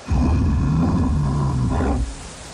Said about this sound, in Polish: A to odgłos niedźwiedzi.